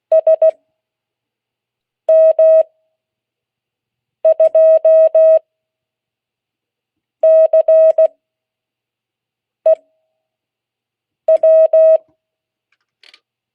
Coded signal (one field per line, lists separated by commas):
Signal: Morse code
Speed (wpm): 16 wpm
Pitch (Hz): 640 Hz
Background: none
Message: SM2CEW